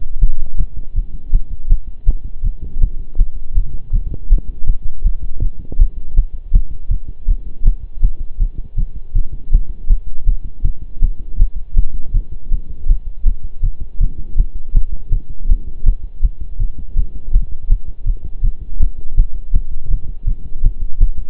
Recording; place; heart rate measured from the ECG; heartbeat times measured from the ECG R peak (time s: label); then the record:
heart sounds by stethoscope; between the tricuspid and mitral areas; 162 bpm
0.21 s: heartbeat
0.58 s: heartbeat
0.95 s: heartbeat
1.33 s: heartbeat
1.70 s: heartbeat
2.07 s: heartbeat
2.44 s: heartbeat
2.81 s: heartbeat
3.18 s: heartbeat
3.55 s: heartbeat
3.93 s: heartbeat
4.30 s: heartbeat
4.67 s: heartbeat
5.04 s: heartbeat
5.41 s: heartbeat
5.79 s: heartbeat
6.16 s: heartbeat
6.53 s: heartbeat
6.91 s: heartbeat
7.28 s: heartbeat
7.66 s: heartbeat
8.03 s: heartbeat
8.40 s: heartbeat
8.78 s: heartbeat
9.15 s: heartbeat
9.52 s: heartbeat
9.90 s: heartbeat
10.27 s: heartbeat
10.64 s: heartbeat
11.02 s: heartbeat
11.39 s: heartbeat
11.77 s: heartbeat
12.14 s: heartbeat
12.52 s: heartbeat
12.89 s: heartbeat
13.26 s: heartbeat
13.63 s: heartbeat
14.01 s: heartbeat
14.38 s: heartbeat
14.75 s: heartbeat
15.12 s: heartbeat
15.49 s: heartbeat
15.86 s: heartbeat
16.23 s: heartbeat
16.60 s: heartbeat
16.97 s: heartbeat
17.33 s: heartbeat
17.70 s: heartbeat
18.06 s: heartbeat
18.43 s: heartbeat
18.80 s: heartbeat
19.17 s: heartbeat
19.54 s: heartbeat
19.90 s: heartbeat
20.27 s: heartbeat
20.64 s: heartbeat
21.00 s: heartbeat
From the record:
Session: pedaling a stationary bicycle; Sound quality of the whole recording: partially saturated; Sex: male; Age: 23 years